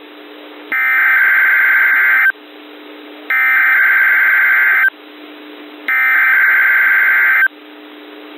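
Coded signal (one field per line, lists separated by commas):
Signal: Emergency Alert System (SAME) tones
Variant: header bursts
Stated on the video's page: NWS Pendleton Required Weekly Test received off weather radio station WWF56 Richland, WA, on 162.45 MHz.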